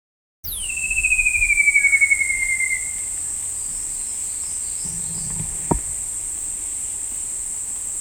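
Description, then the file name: Shining flycatcher calling once with a drawn-out, gently wavering whistle that falls steadily in pitch, then only a constant shrill insect hum and a single soft knock remain. Subspecies wardelli. "Myiagra Alecto Wardelli"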